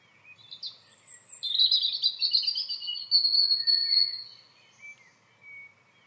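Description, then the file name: European robin singing a long, varied phrase of high sweet warbles and a sustained thin whistled note, ending with softer scattered notes. "Erithacus rubecula"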